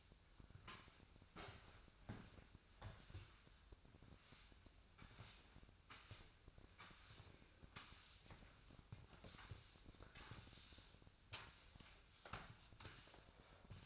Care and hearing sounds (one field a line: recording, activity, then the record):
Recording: daily activity, microphone in the room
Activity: sweep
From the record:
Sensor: 2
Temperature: 24.9 degrees Celsius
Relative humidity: 39.7%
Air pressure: 1001.5 hPa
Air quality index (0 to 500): 227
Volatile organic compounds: 26 ppm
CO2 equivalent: 2852 ppm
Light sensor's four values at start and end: 7/24/9/9 and 6/20/8/7